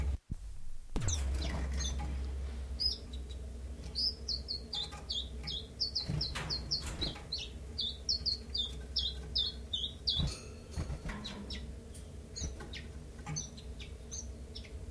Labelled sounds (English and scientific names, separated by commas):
Common Chiffchaff (Phylloscopus collybita)